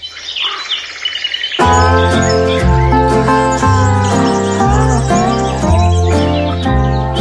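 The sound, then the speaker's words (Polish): Daytime songbirds begin to sing on July 4 after being woken by owls, chirping and twittering briefly on their own, then loud melodic music with deep, steady bass notes sweeps in, the high bird calls still faintly threading through it. “Czwartego lipca ptaki dzienne zostały obudzone przez sowy później niż zazwyczaj. Zaczęły śpiewać.”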